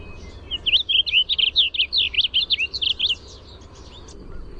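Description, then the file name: Warbling vireo gives a brisk, rambling phrase of many short slurred notes for nearly three seconds, then only soft background hiss remains. "WAVI song"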